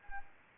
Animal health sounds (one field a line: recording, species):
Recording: mosquito wingbeat signal from an infrared sensor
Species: Anopheles arabiensis